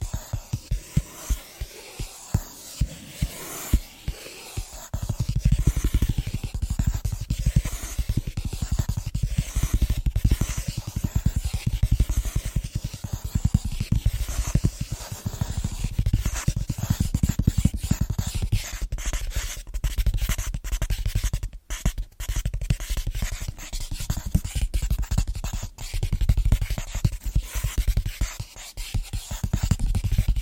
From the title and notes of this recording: ASMR Fast & Rhythmic Tapping On Different Surfaces (No Talking).